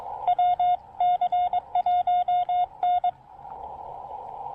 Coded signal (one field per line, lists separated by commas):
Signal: Morse code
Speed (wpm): 21 wpm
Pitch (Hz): 720 Hz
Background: none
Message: WC1N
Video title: Keying In The Rain: One Very Soggy POTA Activation!